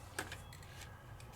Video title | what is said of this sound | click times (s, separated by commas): #440 Dottie Designs Cardmaking Dies, Find It Trading Toppers & Penny Black Stickers. Yes, Stickers! | now it locks into place really nicely no problem | 0.2 s